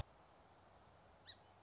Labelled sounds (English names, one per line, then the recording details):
Song Sparrow
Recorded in Sonoma County, California